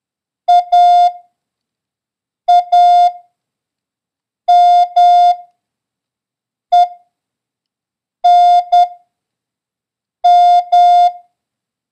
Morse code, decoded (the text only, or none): AAMENM